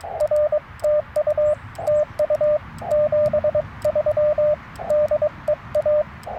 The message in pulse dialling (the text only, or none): none